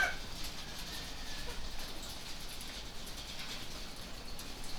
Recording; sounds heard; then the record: poultry house recording; healthy chickens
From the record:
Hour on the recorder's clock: 20